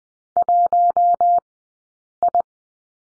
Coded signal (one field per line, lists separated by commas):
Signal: Morse code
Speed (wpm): 20 wpm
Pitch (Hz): 700 Hz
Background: none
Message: 1I